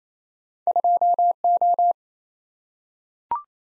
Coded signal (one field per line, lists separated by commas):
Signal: Morse code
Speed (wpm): 28 wpm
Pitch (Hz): 700 Hz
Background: none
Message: 2O